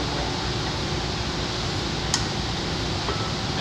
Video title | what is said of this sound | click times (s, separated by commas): SMACO S400 Mini-scuba tank review | there this goes into here make sure the locks in place | 2.1 s